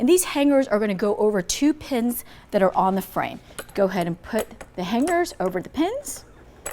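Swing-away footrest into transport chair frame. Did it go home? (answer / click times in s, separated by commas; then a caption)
no / none. The left swing-away footrest for a 330 transport chair is handled: its two hangers are placed over two pins on the frame, and it is meant to swing inward and lock. Someone talks throughout, with a few light clinks of metal parts under the speech. Nothing has seated or clicked yet.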